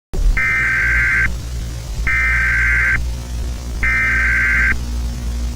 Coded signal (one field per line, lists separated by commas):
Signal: Emergency Alert System (SAME) tones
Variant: header bursts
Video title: Friday Night Funkin: The Corruption | A Halloween EAS Scenario